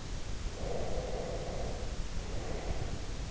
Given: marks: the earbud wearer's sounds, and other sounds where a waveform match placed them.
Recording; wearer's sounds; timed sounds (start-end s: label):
sounds in sleep by an in-ear microphone; breath
0.51-3.30 s: breath